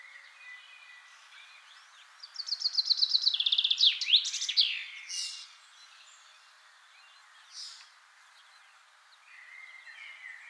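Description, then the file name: Common Chaffinch song: one descending series of bright notes ending in a brisk flourish, followed by a few scattered chirps. "Fringilla coelebs"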